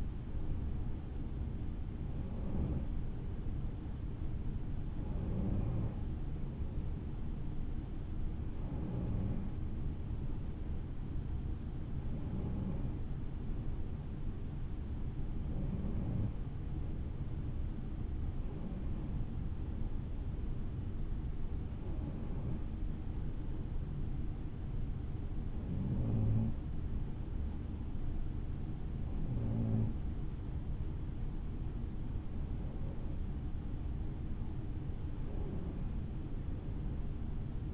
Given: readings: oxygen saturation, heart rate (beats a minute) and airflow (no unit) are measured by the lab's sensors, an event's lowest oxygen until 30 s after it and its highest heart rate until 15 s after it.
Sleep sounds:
breathing in sleep by a smartphone at the bedside; none
23.00-37.74 s: new sleep stage, N3 (deep sleep)
From the record:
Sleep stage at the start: N2 (light sleep); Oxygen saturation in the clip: 91 to 93%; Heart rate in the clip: 61 to 66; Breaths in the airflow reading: 11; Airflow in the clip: -5.3 to 5.0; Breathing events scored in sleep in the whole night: 216 in 7.0 hours asleep

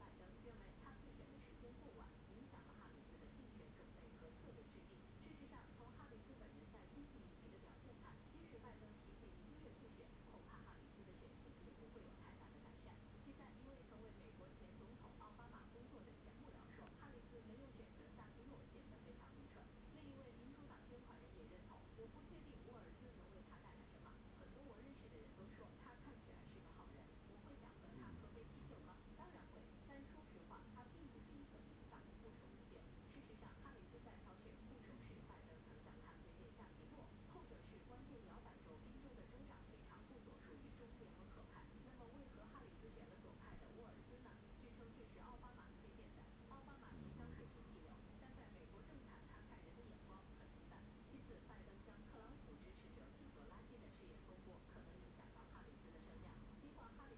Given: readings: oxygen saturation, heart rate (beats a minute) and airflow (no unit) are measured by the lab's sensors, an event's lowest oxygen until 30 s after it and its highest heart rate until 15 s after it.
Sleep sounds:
a person awake in a sleep study, by a voice recorder at the bedside; none
0.00-57.18 s: awake
From the record:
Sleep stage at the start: awake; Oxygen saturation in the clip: 94 to 97%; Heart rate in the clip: 64 to 74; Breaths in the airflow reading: 9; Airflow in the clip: -5.4 to 5.4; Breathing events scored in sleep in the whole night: 131 in 7.2 hours asleep

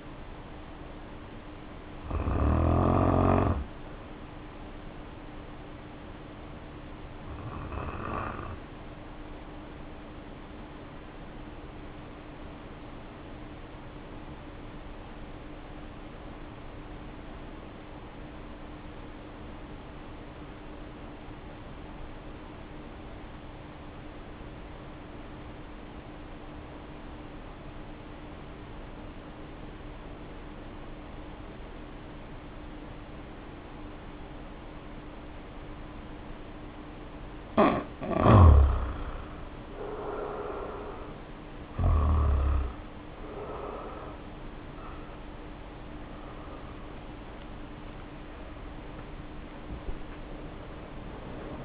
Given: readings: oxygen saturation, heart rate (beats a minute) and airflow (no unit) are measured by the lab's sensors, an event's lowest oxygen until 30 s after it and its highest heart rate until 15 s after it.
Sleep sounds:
breathing in sleep by a voice recorder at the bedside; 1
10.00-43.20 s: hypopnea (N1, oxygen 95% highest, then 76% lowest, heart rate 47 at the start, 73 highest)
12.00-42.00 s: new sleep stage, N2 (light sleep)
42.00-51.65 s: awake
42.00-51.65 s: new sleep stage, awake
From the record:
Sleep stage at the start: N1 (lightest sleep); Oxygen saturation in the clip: 79 to 95%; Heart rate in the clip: 47 to 68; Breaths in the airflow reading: 14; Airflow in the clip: -3.3 to 3.4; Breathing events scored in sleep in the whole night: 520 in 7.2 hours asleep

